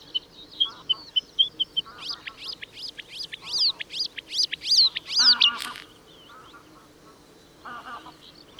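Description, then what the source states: Bluethroat song starting with soft repeated tinkling notes, building into loud ringing repeated notes, ending in a harsh rattle, then quiet chirps. Recorded at Schurrsee on 13 April 2014.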